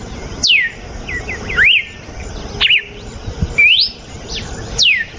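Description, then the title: Red-cowled cardinal song: clear whistled notes sweeping up and down, delivered in short bursts about once a second, with a hissing background. Female; natural song. "Canto Galo Campina Fêmea 02. GALO DE CAMPINA CANTO NATURAL. galo de campina cantando. canto de galo de campina"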